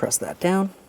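An electrical connector on the wiring harness is being pressed down onto the HVAC mode door actuator of a 2007-2013 Acura MDX while someone talks. The connector is handled but not yet home; nothing has seated or clicked yet.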